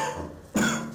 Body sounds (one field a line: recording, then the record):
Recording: coughing mixed with background sound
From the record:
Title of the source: Wet Throat Infection Cough